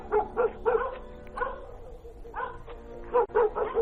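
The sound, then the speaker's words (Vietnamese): Dogs in the village bark in the evening in short, uneven bursts, a cluster of yaps, a pause, then another flurry, with a few higher whining, yelping cries and eerie howls mixed in and a low rumble underneath. “Sau hôm ấy, tối nào, chó ở trong xóm cũng sủa nhát gừng, rồi rú lên ghê rợn.”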